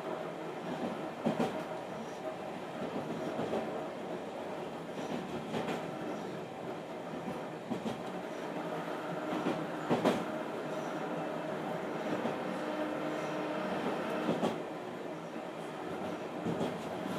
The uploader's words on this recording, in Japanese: 阪堺電車、「庶民の足」の走行音。時には住宅街を駆け抜け、時には併用軌道区間を走る小さな電車です。小さいとはいえ、その重厚な走行音は何とも印象に残ります。この音源は2019年2月、大阪で講演をした際、時間をひねり出して録音してきたデータです。